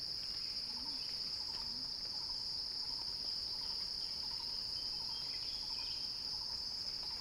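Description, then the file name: Cicada song, an unbroken high buzzing drone, with faint rhythmic lower chirps underneath. Recording titled as a cicada crescendo. "earth-fm Axel-Drioli Cicada-Crescendo-Sounding-Wild"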